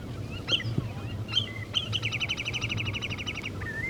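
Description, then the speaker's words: Wood sandpiper song: a few sharp rising whistles, then a fast, even trill of many bright notes, ending in a short rising whistle over a low steady hum. "Это поет кулик Фифи."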